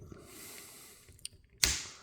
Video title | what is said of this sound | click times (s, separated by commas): Chronique n°322 : Masters of the universe Masterverse "Vintage Collection" : Teela. | Vous avez entendu le clips, mais ça force beaucoup, beaucoup, beaucoup, beaucoup, hein, pour enlever ce visage. | 1.6 s